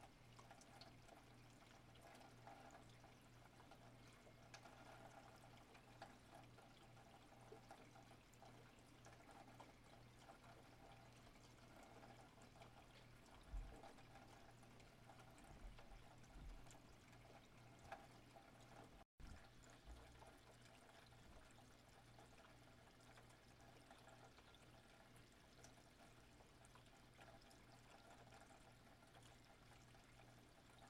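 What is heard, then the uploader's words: Rain falls in a steady, dense hiss with a constant low hum underneath, a few soft thumps near the middle, and a brief dropout. Just beautiful rain.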